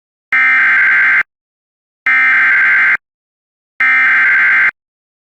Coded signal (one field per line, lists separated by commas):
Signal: Emergency Alert System (SAME) tones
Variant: header bursts